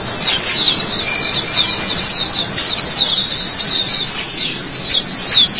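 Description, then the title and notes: White-eye song, an unbroken run of high, fast chattering twitters of quick slurred notes. White-eye chirping song. "Kicauan Burung Pleci Durasi Panjang. Suara kicauan burung pleci"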